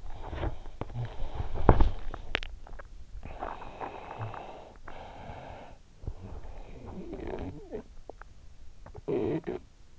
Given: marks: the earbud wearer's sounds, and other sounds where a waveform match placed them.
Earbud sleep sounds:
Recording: sounds in sleep by an in-ear microphone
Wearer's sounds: teeth grinding, swallowing, snoring breath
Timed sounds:
0.00-2.13 s: teeth grinding
2.26-4.77 s: swallowing
4.77-8.31 s: snoring breath
8.74-9.94 s: snoring breath

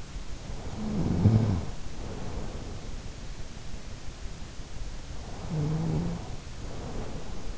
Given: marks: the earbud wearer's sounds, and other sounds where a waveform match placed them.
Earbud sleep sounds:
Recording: sounds in sleep by an in-ear microphone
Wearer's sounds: snoring breath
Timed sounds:
0.83-2.94 s: snoring breath
5.37-7.58 s: snoring breath

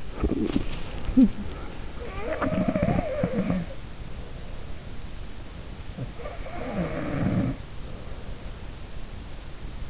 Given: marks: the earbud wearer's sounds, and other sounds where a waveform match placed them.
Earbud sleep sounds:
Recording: sounds in sleep by an in-ear microphone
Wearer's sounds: swallowing, talking in sleep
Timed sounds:
0.00-2.54 s: swallowing
0.93-1.60 s: talking in sleep
2.30-4.87 s: sound from someone else or the room
5.46-8.58 s: sound from someone else or the room

